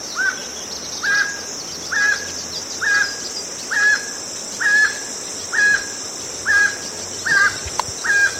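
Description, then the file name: Emerald toucanet repeating coarse, nasal croaks at a steady pace, a long series of notes, over a steady high background hum. "Canto do tucaninho verde"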